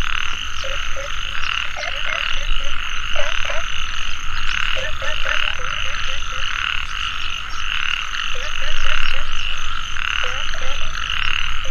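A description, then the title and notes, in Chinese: Frogs and birds call together in a valley at dusk. A dense, steady chorus of frogs holds two bright bands throughout, while short bird-like chirps and trills come in quick bursts every second or two, with a low rumble underneath. 傍晚山谷里的蛙和鸟齐鸣。声音都是我亲自去田野里录的。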